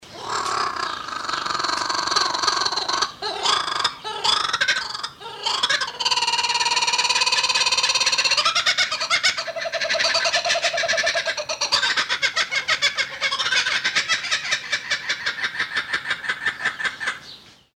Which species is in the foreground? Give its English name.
Laughing Kookaburra